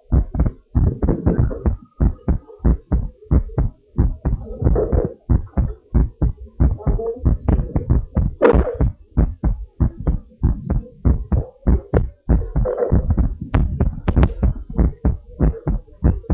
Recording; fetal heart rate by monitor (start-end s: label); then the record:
heart sounds of a pregnant woman by stethoscope
no fetal heartbeat
From the record:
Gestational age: 35 weeks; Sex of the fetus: boy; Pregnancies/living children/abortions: 2/1/0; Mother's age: 30 years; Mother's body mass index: 27.7